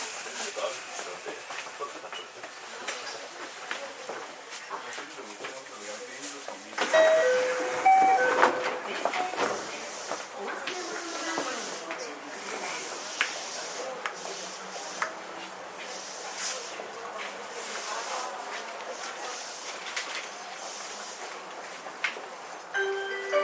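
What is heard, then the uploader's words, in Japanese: Steady hissing rumble inside a commuter train, with a brief chime and louder bustle around seven seconds, then voices and rattling continuing. JR323系 桃谷→桃谷。朝早くに乗車して録音しましたが、そこそこ乗客がおり、少し声が聞こえます。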